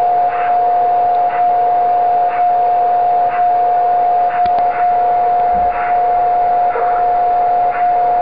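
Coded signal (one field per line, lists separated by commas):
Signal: radio time signal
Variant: DCF77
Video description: ] Dort dekodiert das Programm SoDiRa schließlich das Signal zur Darstellung der Uhrzeit und des Datums.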